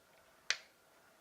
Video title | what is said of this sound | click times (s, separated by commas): Lookback Transformers Age of Extinction Voyager Class Galvatron - GotBot True Review NUMBER 63 | that click that's what you're looking for | 0.5 s